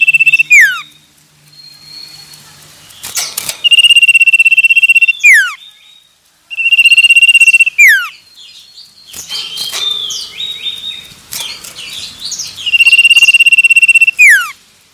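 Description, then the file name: Common iora song: a long loud trilled whistle near one pitch, ending in a sharp downslurred note, repeated in bouts with softer varied chirps between. Male. "suara burung cipoh jantan"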